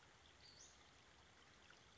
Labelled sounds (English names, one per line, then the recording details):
Western Flycatcher
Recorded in Sonoma County, California